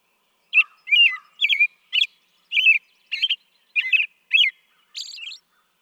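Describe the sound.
American robin singing a run of about eight whistled phrases, roughly half a second apart, ending with a higher squeaky note.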